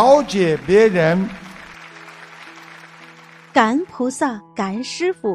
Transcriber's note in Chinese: 掌声